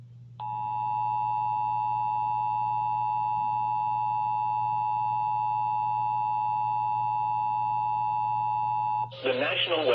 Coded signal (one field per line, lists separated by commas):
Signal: Emergency Alert System (SAME) tones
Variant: 853 and 960 Hz attention tone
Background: speech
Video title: EAS Flash Flood Warning Granville, Vance and Warren Counties NC!